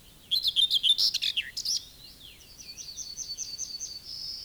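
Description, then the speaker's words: Common whitethroat singing a brisk, grating phrase of rapid chattering notes, followed by softer, thin, evenly repeated high notes. A fairly lively singer whose cheerful phrase is heard from bushes at the edges of fields. "Seuraavaksi esittelemme Pensaskertun, joka on jo aika reipas laulaja."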